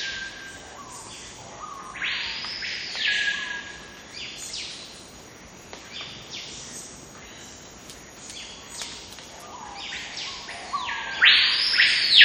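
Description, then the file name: Screaming piha whistles: a strong swooping note near the start and a loud burst at the end, with fainter calls in between. "Lipaugus vociferans singing and whistling"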